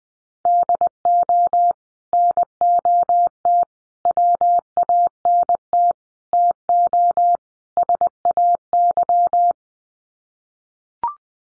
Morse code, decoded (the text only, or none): DO NOT WANT TO SAY